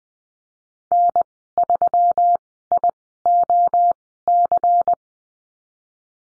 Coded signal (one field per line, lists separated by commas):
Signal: Morse code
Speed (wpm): 20 wpm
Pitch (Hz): 700 Hz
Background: none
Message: N3IOC